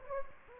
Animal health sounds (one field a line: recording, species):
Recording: mosquito wingbeat signal from an infrared sensor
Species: Anopheles gambiae